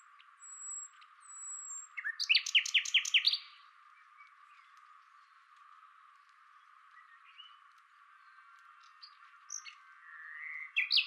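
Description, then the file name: Common nightingale delivering a single loud rattling burst of rapid notes, followed by long quiet stretches with scattered soft notes and a brief loud flourish at the end. "Luscinia megarhynchos"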